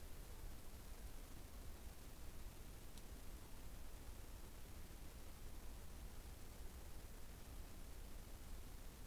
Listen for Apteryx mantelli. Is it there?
no